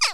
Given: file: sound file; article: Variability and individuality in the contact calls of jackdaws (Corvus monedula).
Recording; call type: jackdaw call; harmonic